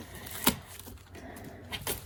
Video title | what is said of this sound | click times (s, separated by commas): My Bargain Dyson Pure Cool Tower Fan Unboxing And First Impressions | feel that the bottom didn't click in. | 0.5 s